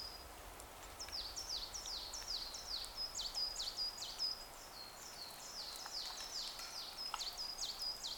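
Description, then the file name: Bird calls: a nearly continuous series of shrill, downward-slurred chirps, several per second, against a quiet hissing background. Recorded in a forest with falling snow. "Forest Snow Falling And Birds"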